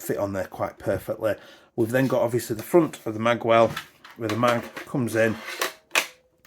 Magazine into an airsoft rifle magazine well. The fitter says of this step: and clicks into place,